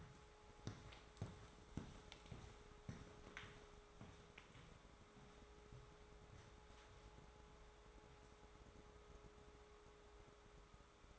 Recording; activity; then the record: daily activity, microphone in the room; walk to room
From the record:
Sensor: 3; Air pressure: 1010.4 hPa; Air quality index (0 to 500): 167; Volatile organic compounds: 9 ppm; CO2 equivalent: 2182 ppm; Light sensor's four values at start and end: 49/122/54/61 and 51/126/56/63